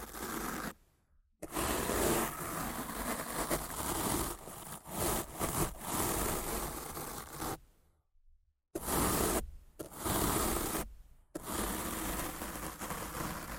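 Rough mic scratching and brushing, dense bright scraping strokes in bursts, broken by sudden silent gaps near one, eight and eleven seconds.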